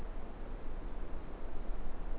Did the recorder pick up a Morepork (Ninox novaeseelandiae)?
no